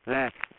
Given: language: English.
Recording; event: throat vibration sensor signal played as sound; speech